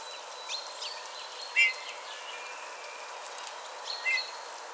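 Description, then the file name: Eurasian bullfinch: two gentle piped whistles a couple of seconds apart, with faint high bird sounds around them. "Pyrrhula pyrrhula"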